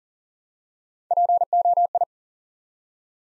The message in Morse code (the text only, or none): POI